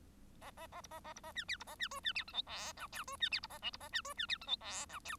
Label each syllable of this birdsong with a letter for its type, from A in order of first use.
A A A B A A B A C D B A C E C D F G H I J E C D B A K B A C E C D F G H I J